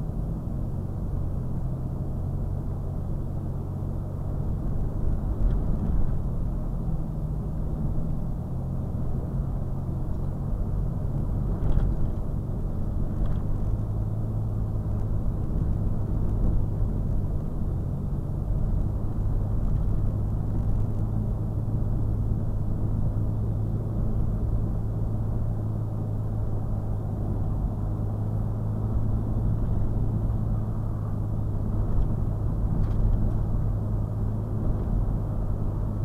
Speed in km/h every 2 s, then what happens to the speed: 68, 68, 68, 66, 66, 64, 64, 63, 63, 64, 68, 69, 69, 69, 69, 69, 69, 69.
0-15 steady at about 66. 15-21 speeds up to 69. 21-36 steady at about 69.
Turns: none.